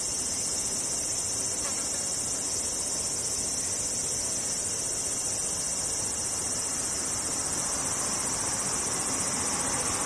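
Cicadas drone in a dense, unbroken hiss that holds steady for the whole ten seconds without pulsing or fading. The sound is bright and sizzling, thickest in the upper range, with a faint low rumble underneath throughout.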